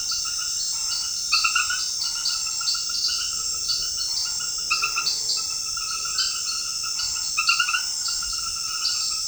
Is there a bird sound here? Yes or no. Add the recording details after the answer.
no. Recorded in secondary vegetation near Puerto Asís, Putumayo, Colombia, on 13 March 2025 at 21:30. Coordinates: 0.488, -76.319. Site G095